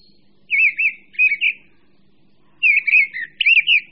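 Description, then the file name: Mistle thrush singing loud, fluty warbled phrases in two bursts separated by a pause of about a second, over a faint low hum. "Drozd-brávník"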